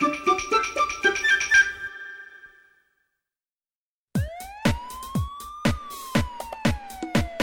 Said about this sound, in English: The alarm rings. The firemen get their things.